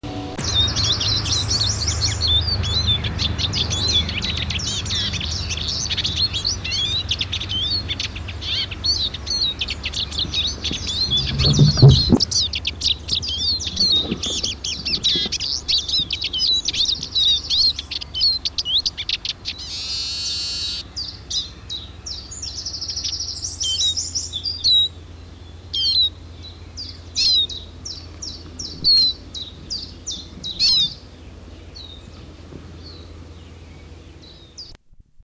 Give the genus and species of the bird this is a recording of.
Spinus spinus